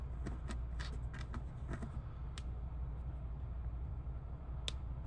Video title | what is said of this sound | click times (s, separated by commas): CT02 opening and building | There's the click. | 4.7 s